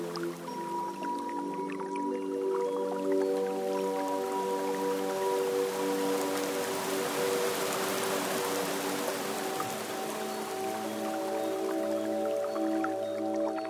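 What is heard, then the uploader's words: Soft piano notes ring over a steady wash of rain and running water, with scattered drips and a dense hiss swelling midway. Serene Rainy Street & Japanese Water Stream. Relaxing Piano Music and the gentle cascade of a Japanese Water Stream. The soothing sounds of a Heavy Rain Street and the serene flow of a Japanese water stream.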